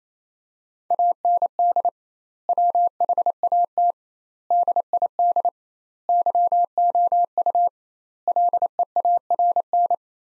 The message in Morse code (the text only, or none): AND WHAT DID YOU LEARN